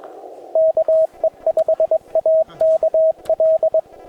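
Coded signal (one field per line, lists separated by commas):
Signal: Morse code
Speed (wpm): 21 wpm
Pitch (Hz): 640 Hz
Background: radio noise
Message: KE5AKL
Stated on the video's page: POTA CW activation from Pinnacles National Park: Yaesu FT-891, 50 watts, US Morse straight key, 17-ft whip on tripod, battery power.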